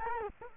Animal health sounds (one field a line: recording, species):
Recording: mosquito wingbeat signal from an infrared sensor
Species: Culex quinquefasciatus